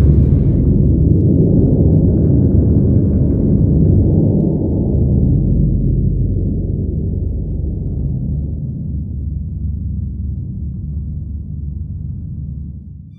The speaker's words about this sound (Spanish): Allí se vio el arca de su pacto, y hubo relámpagos, estruendos, truenos, un terremoto y una fuerte granizada.